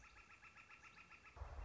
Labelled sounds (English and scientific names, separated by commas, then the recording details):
Northern Flicker (Colaptes auratus)
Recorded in Sonoma County, California